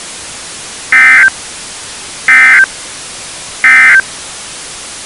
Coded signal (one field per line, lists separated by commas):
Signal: Emergency Alert System (SAME) tones